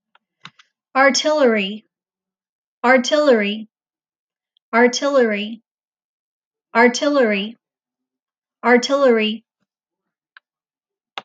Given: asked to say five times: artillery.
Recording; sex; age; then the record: repeated word; female; 40 to 49 years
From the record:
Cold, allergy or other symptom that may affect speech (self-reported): no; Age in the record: 41 years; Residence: Texas, United States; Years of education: 14